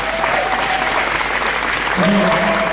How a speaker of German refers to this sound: Applaus bitte für den Moderator.